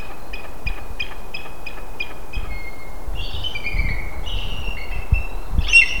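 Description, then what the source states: Bald eagle calling: evenly spaced short high chips for about two seconds, then longer squealing, descending piped notes and a final sharp squeak, above constant low rumble. Bald eagles chirping.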